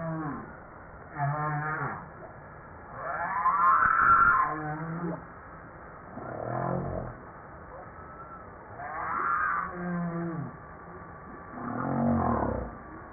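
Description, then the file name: Humpback whale song mixing higher arching whoops, short low moans and rumbling groans in a repeating sequence. Recorded 5 March 1994. "Baleine a bosse 940305"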